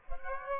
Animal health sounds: mosquito wingbeat signal from an infrared sensor; Aedes aegypti

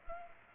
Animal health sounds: mosquito wingbeat signal from an infrared sensor; Culex pipiens

